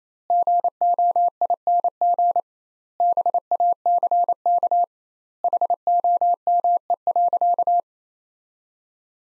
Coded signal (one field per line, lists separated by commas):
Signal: Morse code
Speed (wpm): 28 wpm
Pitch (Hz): 700 Hz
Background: none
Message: GOING BACK HOME.